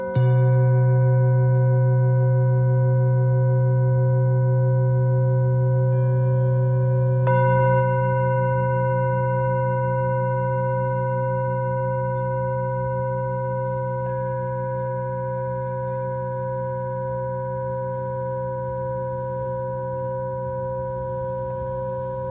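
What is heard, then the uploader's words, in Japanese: A singing bowl rings with a deep, humming tone and a stack of clear, steady overtones above it. Around seven seconds in, the bowl is struck again, adding a soft pulsing shimmer, and the ringing then fades very slowly over the rest of the clip. メキシコから シンギングボウルのサウンドヒーリング ライブ。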